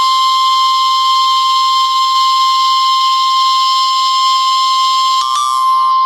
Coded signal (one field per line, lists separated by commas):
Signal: Emergency Alert System (SAME) tones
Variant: 1050 Hz attention tone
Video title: So Many Tornadoes and Severe Thunderstorms. (EAS 56-92) 3/31/23.